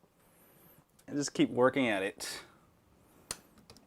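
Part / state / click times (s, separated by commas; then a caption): plastic midframe clip on a smartphone chassis / released / 3.3 s. Someone talks while prying continues with a plastic tool around the plastic midframe of a Galaxy Note 3 smartphone chassis. A sharp pop at 3.3 s marks another midframe clip releasing, followed by a few faint ticks. The frame clip pops loose.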